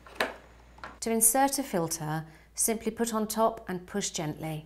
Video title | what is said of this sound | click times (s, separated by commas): Easiair Powered Air Purifying Respirator Kit | push down and you will hear a clicking sound if this is done properly | 0.2 s